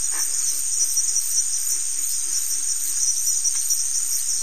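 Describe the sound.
Cricket calling with a steady, shrill high-pitched trill that pulses evenly throughout, unbroken from start to finish.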